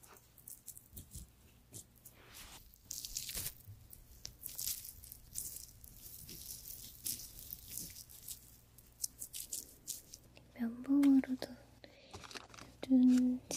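Soft handling of creamy product and skin, with wet, crackly rubbing textures, faint whispers, and brief tonal hums near the end.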